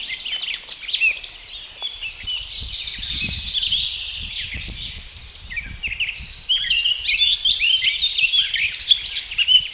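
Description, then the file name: Eurasian blackcap song, a fast, rambling warble of scratchy and chirpy notes running almost continuously, louder and brighter in the last few seconds, over faint low rumble. "Sylvia atricapilla"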